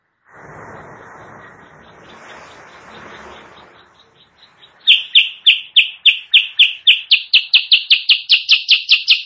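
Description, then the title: Bulbul song: after about four seconds of hissing noise, sharp chirpy notes start and repeat quickly and steadily, growing louder toward the end. Chattering (gacor) song used as masteran, a training recording for caged birds, and as a pikat lure sound. "Masteran Kutilang Sutra. suara pikat kutilang sutra kutilang sutra gacor"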